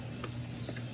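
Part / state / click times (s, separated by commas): plastic fitting piece into sprinkler irrigation connector / not seated / none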